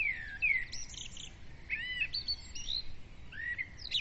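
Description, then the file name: Several birds singing together, with clear descending whistles, looping warbled phrases and short high notes overlapping throughout. Birds singing at dawn. "Madarak hajnali dicsérete"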